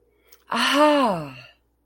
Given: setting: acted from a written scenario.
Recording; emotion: vocal sound without words; realization